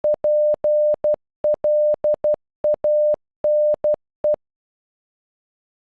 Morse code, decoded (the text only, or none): PLANE